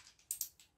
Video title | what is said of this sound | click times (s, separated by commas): KZ1100 head goes on & Cams get timed - Part 6 | got a click that | 0.3 s